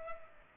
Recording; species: mosquito wingbeat signal from an infrared sensor; Culex pipiens